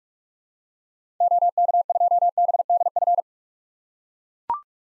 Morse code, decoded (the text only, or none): OK2BDF